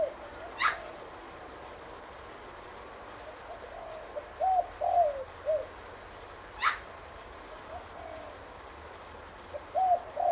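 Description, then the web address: Spotted dove giving soft falling coos in short three-note phrases, with two sharp brief clicks or snaps standing out above the steady background hiss. "Sound Effects-Foundation 1 BIRD SPOTTED TURTLE DOVE CALL"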